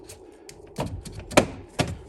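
A plastic door trim panel is pried away from the metal door of a Ford Super Duty van so its push-in plastic retaining clips pop out of their holes in the door frame. Dull prying knocks sound around 0.8 s and 1.8 s, and the sharpest pop, a clip releasing, comes at 1.4 s.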